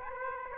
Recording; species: mosquito wingbeat signal from an infrared sensor; Aedes aegypti